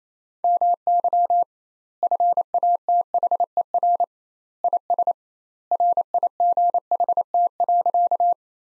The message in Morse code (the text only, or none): MY FATHER IS RIGHT.